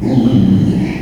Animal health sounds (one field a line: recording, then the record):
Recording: squeal of a Yucatan mini pig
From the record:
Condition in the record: after surgery on the right vocal fold (resection and tissue-engineered implant)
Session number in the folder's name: 2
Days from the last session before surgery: 13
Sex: male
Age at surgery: 12 weeks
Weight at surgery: 13 kg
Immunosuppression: cyclosporine, prednisolone